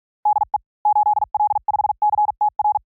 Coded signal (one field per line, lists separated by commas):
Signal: Morse code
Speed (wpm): 46 wpm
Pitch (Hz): 840 Hz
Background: none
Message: DE 8L5CTR